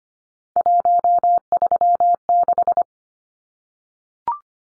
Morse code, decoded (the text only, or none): 136